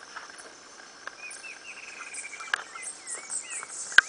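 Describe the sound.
Bird calls: a series of short, thin whistled notes, some rising or slurred, over a steady high insect-like hum, with scattered sharp clicks and a loud tap near the end.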